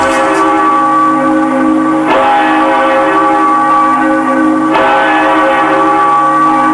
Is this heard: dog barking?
no